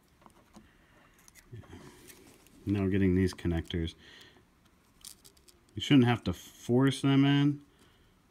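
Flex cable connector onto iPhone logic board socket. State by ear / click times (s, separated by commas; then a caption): not seated / none. A battery flex cable connector is handled over its socket on an iPhone 5 logic board, to be pressed on with light pressure and no forcing, while someone talks. Only a few faint, brief ticks are heard between the speech. Nothing has seated or clicked yet.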